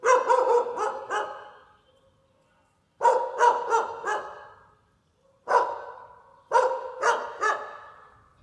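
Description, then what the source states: Dog barking in four bouts separated by pauses, most a quick run of several harsh barks, one a single bark. In a neighborhood.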